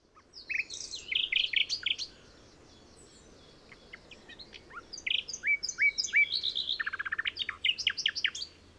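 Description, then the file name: Common nightingale singing rich varied phrases: chattering notes, a brief pause, then slurred whistles and a rapid trill of repeated notes over quiet background. "Luscinia megarhynchos"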